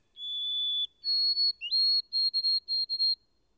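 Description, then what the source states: White-throated Sparrow whistled song opening with a steady held note, stepping up, then a run of quick repeated whistles at the same high pitch; otherwise silent. Song described as delicate, plaintive, a thin, wavering, tremulous whistle that ends when it seems only to have begun.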